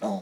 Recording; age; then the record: pig call; piglet (1 to 25 days)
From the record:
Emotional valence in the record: negative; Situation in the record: surprise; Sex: female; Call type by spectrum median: low-frequency call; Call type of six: low-frequency stable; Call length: 0.22 s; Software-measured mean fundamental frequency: 51 Hz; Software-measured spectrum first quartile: 222 Hz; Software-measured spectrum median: 476 Hz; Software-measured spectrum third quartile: 718 Hz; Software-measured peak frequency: 207 Hz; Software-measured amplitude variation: 93 dB a second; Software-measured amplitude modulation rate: 16.1 a second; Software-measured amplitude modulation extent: 5.8 dB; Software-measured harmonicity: 5.6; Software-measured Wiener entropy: -0.55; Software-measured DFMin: 1585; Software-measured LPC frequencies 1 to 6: 664, 3796, 5354, 5907, 6706, 7431 Hz